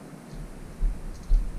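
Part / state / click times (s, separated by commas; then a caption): circlip into motorcycle fork tube groove / not seated / none. A steel circlip is handled at the groove in the fork outer tube of a 2019 BMW F850GS motorcycle, after the fork seal has been driven down. Only low rustling and soft handling bumps are heard, with slightly louder low thumps near 0.85 and 1.3 seconds. The circlip has not yet clicked into its groove.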